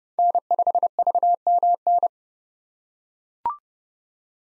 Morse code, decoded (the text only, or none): N5VMN